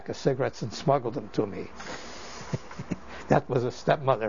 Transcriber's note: he laughs